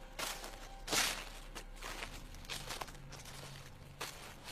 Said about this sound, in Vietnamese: Có tiếng bước chân xào xạc dẫm trên lá khô đi đến.